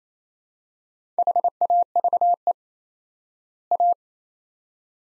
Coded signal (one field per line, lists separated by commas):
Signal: Morse code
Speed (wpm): 27 wpm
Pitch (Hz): 700 Hz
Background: none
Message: HAVE A